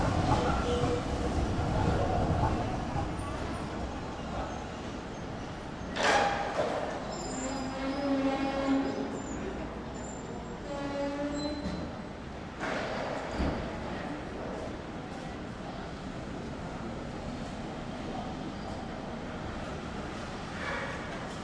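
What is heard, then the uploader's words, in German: Busy railway station life: a steady rumble of crowd murmur and passing rail traffic fills the whole stretch. Sharp knocks or clanks ring out near six and thirteen seconds, with snatches of voices and a brief tonal squeal in between. Bahnhofleben.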